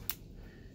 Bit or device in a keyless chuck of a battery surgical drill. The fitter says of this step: and as you get to a point where you first meet resistance you will i call them clicks and ticks you will hear a click